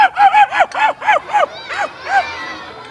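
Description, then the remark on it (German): A man, an animal voice imitator, imitates a dog's barking, a quick run of about ten sharp, arching yaps with a rhythmic bounce, then a few slower, trailing barks fading out. “Ein Hund, ja, das ist ein Hund, ja.”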